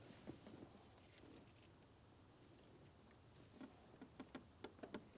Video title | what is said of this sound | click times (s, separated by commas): How to Replace Spark Plug Wires 2007-2014 GMC Sierra 2500 HD 6.0L V8 | There's our click and a tug. | 4.9 s